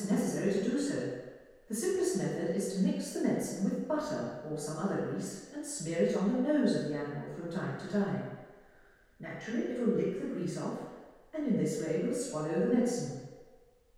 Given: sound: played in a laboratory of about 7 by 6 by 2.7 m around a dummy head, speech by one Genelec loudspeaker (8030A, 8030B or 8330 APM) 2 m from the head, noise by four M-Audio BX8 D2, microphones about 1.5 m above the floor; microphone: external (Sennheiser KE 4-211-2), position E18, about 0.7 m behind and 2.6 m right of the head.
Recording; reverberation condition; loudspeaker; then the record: female speech in English; high; in front (0 degrees)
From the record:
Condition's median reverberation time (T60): about 1300 ms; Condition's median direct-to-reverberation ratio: about -4.0 dB